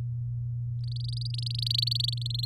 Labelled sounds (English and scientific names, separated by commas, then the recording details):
Domestic Canary (Serinus canaria) song
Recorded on 7 May 2018 at 17:10
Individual llb16